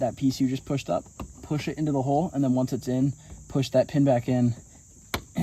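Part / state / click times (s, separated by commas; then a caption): plastic push-pin clip into car trim panel hole / seated / 5.1 s. Someone talks while the center pin of a plastic push-pin trim clip is pushed back in to lock the clip into its hole in a car trim panel. A single short, sharp click sounds at 5.1 s as the clip snaps home and is seated.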